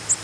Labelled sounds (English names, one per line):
Black-and-white Warbler flight call